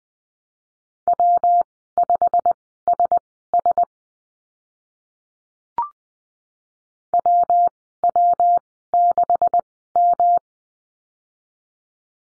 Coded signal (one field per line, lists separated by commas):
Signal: Morse code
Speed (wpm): 20 wpm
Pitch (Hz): 700 Hz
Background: none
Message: W5SS WW6M